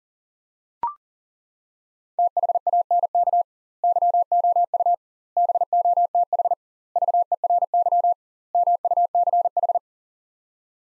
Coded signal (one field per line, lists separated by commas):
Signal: Morse code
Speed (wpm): 40 wpm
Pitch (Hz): 700 Hz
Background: none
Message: THANK YOU BOTH VERY MUCH